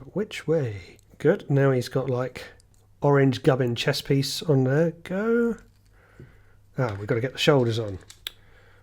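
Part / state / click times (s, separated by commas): plastic shoulder piece snapping onto the torso of a toy robot kit figure / seated / 8.3 s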